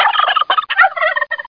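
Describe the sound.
Turkey gobble, a rapid, bubbling rattle of throaty notes broken into a few quick bursts.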